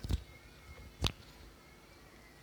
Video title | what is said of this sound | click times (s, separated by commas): Langkah - langkah Cara Upgrade RAM di asus X453S - How to Upgrade RAM on Asus X453S | until it clicks | 1.1 s